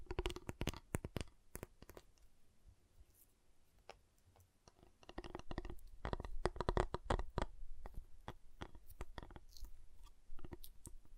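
Sharp taps and snaps on a giant chocolate bar come in quick irregular bursts, thinning around four seconds, then growing denser and busier again.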